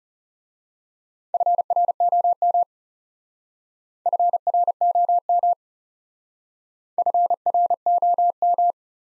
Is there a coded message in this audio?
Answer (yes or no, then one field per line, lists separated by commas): yes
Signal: Morse code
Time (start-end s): 1.3-8.7 s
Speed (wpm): 34 wpm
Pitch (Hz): 700 Hz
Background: none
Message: FROM FROM FROM